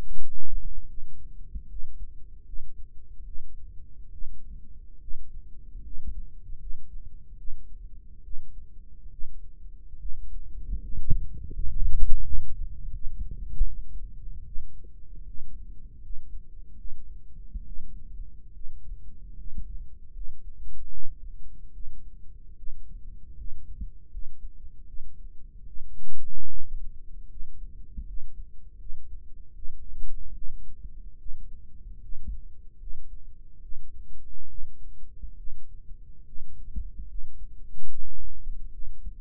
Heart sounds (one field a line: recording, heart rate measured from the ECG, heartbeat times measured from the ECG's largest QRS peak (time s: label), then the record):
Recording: heart sounds by microphone in the right ear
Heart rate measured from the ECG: 75 bpm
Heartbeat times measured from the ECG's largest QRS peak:
0.86 s: heartbeat
1.67 s: heartbeat
2.44 s: heartbeat
3.24 s: heartbeat
4.10 s: heartbeat
4.99 s: heartbeat
5.82 s: heartbeat
6.58 s: heartbeat
7.36 s: heartbeat
8.22 s: heartbeat
9.10 s: heartbeat
9.97 s: heartbeat
10.79 s: heartbeat
11.51 s: heartbeat
12.22 s: heartbeat
12.91 s: heartbeat
13.65 s: heartbeat
14.44 s: heartbeat
15.25 s: heartbeat
16.01 s: heartbeat
16.76 s: heartbeat
17.65 s: heartbeat
18.53 s: heartbeat
19.35 s: heartbeat
20.12 s: heartbeat
20.90 s: heartbeat
21.72 s: heartbeat
22.56 s: heartbeat
23.35 s: heartbeat
24.10 s: heartbeat
24.85 s: heartbeat
25.65 s: heartbeat
26.46 s: heartbeat
27.28 s: heartbeat
28.05 s: heartbeat
28.77 s: heartbeat
29.54 s: heartbeat
30.33 s: heartbeat
31.17 s: heartbeat
32.00 s: heartbeat
32.78 s: heartbeat
33.60 s: heartbeat
34.47 s: heartbeat
35.36 s: heartbeat
36.24 s: heartbeat
37.06 s: heartbeat
37.87 s: heartbeat
38.71 s: heartbeat
From the record:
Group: healthy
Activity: rest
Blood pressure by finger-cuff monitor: 114/62 mmHg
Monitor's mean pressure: 78 mmHg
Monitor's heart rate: 74 bpm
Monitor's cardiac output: 6.9 L/min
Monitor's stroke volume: 92 mL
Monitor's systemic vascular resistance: 820 dyn s/cm5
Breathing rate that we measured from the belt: 13 breaths a minute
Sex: female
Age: 22 years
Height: 160 cm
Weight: 63 kg